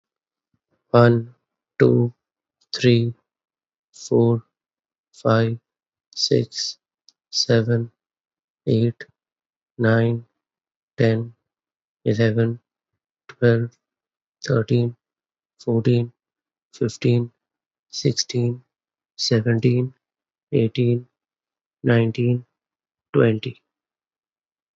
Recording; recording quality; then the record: counting at a normal pace; excellent, no background noise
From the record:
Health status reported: exposed to COVID-19, no respiratory illness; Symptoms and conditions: cold, sore throat, fatigue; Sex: male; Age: 27 years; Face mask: not worn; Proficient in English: yes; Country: India